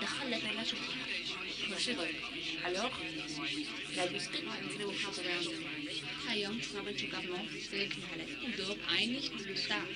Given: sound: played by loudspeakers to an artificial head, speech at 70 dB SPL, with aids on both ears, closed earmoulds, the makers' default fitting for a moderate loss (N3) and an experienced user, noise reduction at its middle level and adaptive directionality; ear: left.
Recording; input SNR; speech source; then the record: speech test signal (ISTS) in cocktail-party noise; +3 dB; on the right (90 degrees)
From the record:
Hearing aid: class 2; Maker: D